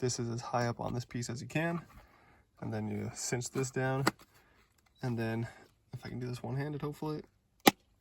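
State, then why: Seated. Someone talks while cinching the plastic mirror-mount clamp of a CarPlay monitor down one-handed onto the rear-view mirror arm. A sharp click at 7.7 s is heard as the clamp seats into place.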